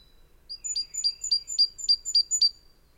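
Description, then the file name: Great tit giving a quick series of about seven high, sharp notes, each with a brief downward flick, evenly repeated over two seconds in a quiet background. "Parus major"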